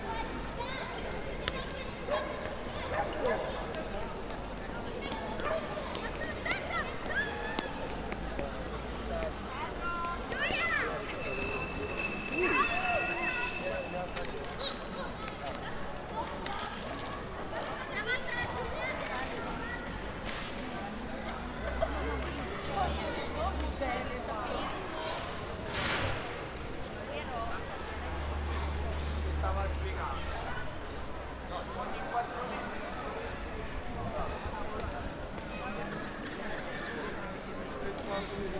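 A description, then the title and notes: A small piazza on a Saturday evening fills with steady overlapping chatter, children's shouts and running feet, with brief clinks and bangs near 12 and 26 seconds. A Saturday night in Testaccio. Hanging out in the Testaccio district on a Saturday evening in a small piazza, where children play football, families chat, young people smoke and drink. We take a walk around the whole perimeter of the piazza to record the sounds from all sides. Recorded in Rome, April 2023 by Cities and Memory.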